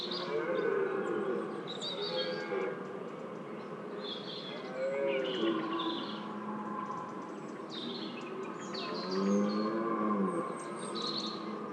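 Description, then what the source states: Red deer bellows, several low, arching moaning calls, one near the start, one near the middle and a stronger one near the end, with birds chirping. During the rut.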